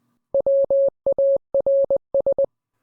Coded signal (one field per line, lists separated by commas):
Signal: Morse code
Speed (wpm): 20 wpm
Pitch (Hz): 550 Hz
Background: none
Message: WARS